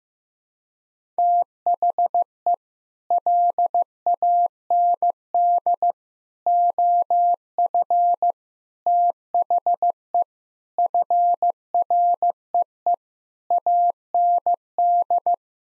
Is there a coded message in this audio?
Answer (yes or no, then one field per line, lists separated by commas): yes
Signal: Morse code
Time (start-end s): 1.2-15.3 s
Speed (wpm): 15 wpm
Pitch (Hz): 700 Hz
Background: none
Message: THE LAND OF THE FREE AND